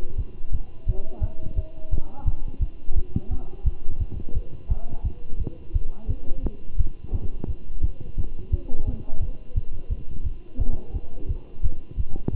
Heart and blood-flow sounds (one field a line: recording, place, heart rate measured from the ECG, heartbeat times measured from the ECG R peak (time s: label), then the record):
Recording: heart sounds by stethoscope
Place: between the tricuspid and mitral areas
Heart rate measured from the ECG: 173 bpm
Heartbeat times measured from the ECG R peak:
0.17 s: heartbeat
0.52 s: heartbeat
0.87 s: heartbeat
1.21 s: heartbeat
1.56 s: heartbeat
1.91 s: heartbeat
2.25 s: heartbeat
2.60 s: heartbeat
2.95 s: heartbeat
3.30 s: heartbeat
3.64 s: heartbeat
3.99 s: heartbeat
4.34 s: heartbeat
4.69 s: heartbeat
5.04 s: heartbeat
5.39 s: heartbeat
5.73 s: heartbeat
6.08 s: heartbeat
6.43 s: heartbeat
6.78 s: heartbeat
7.12 s: heartbeat
7.47 s: heartbeat
7.82 s: heartbeat
8.17 s: heartbeat
8.51 s: heartbeat
8.86 s: heartbeat
9.21 s: heartbeat
9.55 s: heartbeat
9.89 s: heartbeat
10.24 s: heartbeat
10.59 s: heartbeat
10.93 s: heartbeat
11.28 s: heartbeat
11.63 s: heartbeat
11.97 s: heartbeat
12.32 s: heartbeat
From the record:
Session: Bruce protocol treadmill stress test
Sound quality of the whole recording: good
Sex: male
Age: 23 years